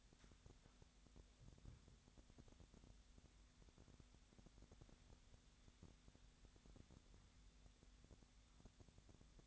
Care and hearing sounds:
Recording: daily activity, microphone in the room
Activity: wipe stove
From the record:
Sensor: 3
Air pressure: 1007.0 hPa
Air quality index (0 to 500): 204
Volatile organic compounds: 18 ppm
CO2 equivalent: 2614 ppm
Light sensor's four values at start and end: 12/27/11/11 and 11/27/11/11

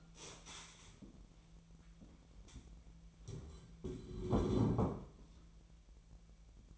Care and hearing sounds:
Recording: daily activity, microphone in the room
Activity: stand up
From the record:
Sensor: 1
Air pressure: 1001.6 hPa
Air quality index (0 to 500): 248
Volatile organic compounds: 122 ppm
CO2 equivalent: 3884 ppm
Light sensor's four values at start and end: 14/34/14/16 and 14/33/14/15

